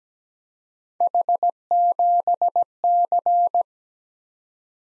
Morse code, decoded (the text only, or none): H7C